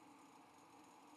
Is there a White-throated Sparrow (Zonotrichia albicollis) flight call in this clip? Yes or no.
no